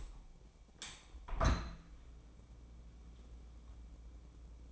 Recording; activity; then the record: daily activity, microphone in the room; open window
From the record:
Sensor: 1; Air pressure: 1012.4 hPa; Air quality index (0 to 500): 166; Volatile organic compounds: 3 ppm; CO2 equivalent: 1358 ppm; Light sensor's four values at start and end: 150/335/149/156 and 150/335/148/156